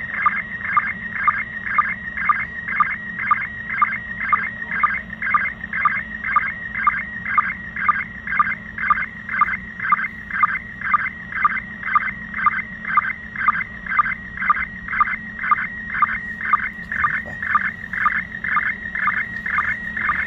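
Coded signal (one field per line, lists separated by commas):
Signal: SSTV (slow-scan television)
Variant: PD120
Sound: warbling, chirping tones with a steady rhythmic tick about twice per second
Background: low hum, radio static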